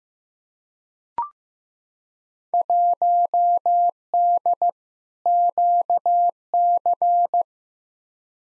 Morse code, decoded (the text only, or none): 1D QC